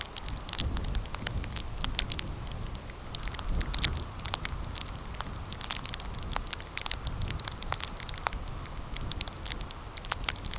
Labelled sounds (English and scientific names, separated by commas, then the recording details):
none
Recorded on Arctic tundra, site CORI-1, on 15 June 2018
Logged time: 10:00